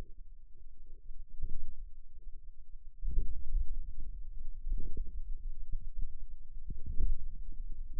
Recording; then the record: forearm muscle sounds (acoustic myography)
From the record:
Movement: outward rotation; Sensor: system 2, bracelet of six BSWA MPA416 microphones around the upper forearm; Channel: 5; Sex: male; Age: 22 years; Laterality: right